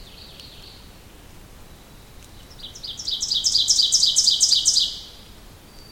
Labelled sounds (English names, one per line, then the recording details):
Ovenbird song
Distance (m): 10 m
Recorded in boreal forest in Alberta, Canada, on 2 June 2016 at 06:27
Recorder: SongMeter 3, array SBT-3-7
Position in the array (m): 49 m, 148 m
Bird 4